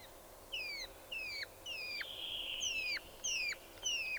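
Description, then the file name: Spotted nutcracker song: a series of clear downslurred whistles, with one longer level whistle drawn out across the middle. "Tannenhäher Gesang"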